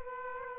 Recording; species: mosquito wingbeat signal from an infrared sensor; Aedes aegypti